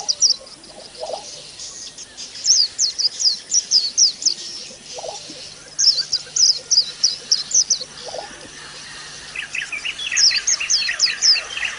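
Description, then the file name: White-eye song in a few quick, high twittering phrases of slurred notes separated by pauses, with lower chirps near the end and faint hiss. Audio therapy recording of white-eye song intended for caged birds. "audio terapi pleci. omkicau"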